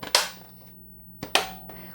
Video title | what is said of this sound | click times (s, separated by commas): How To Use Vacuum Sealer Machine | when you hear the clicks that means it's locked in place | 0.2 s, 1.3 s